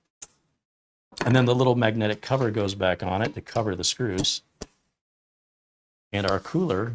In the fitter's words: And that will click into place with those little alligator teeth I thought were screws.